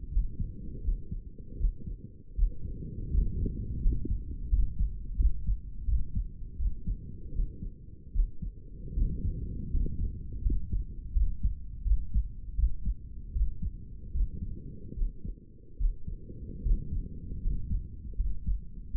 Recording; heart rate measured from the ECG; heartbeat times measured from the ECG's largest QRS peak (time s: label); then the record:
heart sounds by stethoscope; 80 bpm
0.10 s: heartbeat
0.82 s: heartbeat
1.58 s: heartbeat
2.36 s: heartbeat
3.12 s: heartbeat
3.82 s: heartbeat
4.50 s: heartbeat
5.17 s: heartbeat
5.86 s: heartbeat
6.58 s: heartbeat
7.33 s: heartbeat
8.13 s: heartbeat
8.95 s: heartbeat
9.72 s: heartbeat
10.43 s: heartbeat
11.14 s: heartbeat
11.84 s: heartbeat
12.56 s: heartbeat
13.33 s: heartbeat
14.13 s: heartbeat
14.95 s: heartbeat
15.78 s: heartbeat
16.63 s: heartbeat
17.42 s: heartbeat
18.17 s: heartbeat
18.92 s: heartbeat
From the record:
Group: healthy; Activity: rest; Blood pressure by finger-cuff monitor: 117/65 mmHg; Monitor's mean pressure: 77 mmHg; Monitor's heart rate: 80 bpm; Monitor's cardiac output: 7.7 L/min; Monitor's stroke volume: 98 mL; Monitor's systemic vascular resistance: 720 dyn s/cm5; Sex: male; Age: 35 years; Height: 180 cm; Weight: 86.9 kg